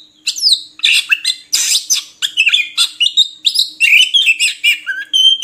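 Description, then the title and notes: Oriental magpie-robin song made of harsh scratchy notes and short squeaky whistles, delivered in quick uneven bursts throughout. Long-duration filler song (isian) for training kacer to sing actively (gacor) day and night. "Kacer Jadi Gacor Siang Malam. Isian Kacer Durasi Panjang"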